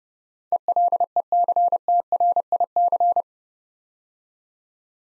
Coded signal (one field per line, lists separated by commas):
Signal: Morse code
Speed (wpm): 30 wpm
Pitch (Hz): 700 Hz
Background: none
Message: ELECTRIC